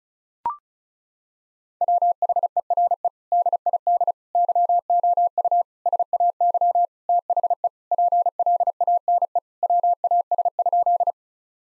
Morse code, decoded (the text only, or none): WHERE DID YOU SAY THE PLANE WAS?